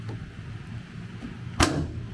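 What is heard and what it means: A folding panel latch on a Gator FX Hard Fold tonneau cover on a 2022 Ford F-150 drops into the truck bed rail after it had not been dropping into place, with low background rumble before it. At 1.6 s it lands with a single clear hit and locks, though the panel seems to rub a little.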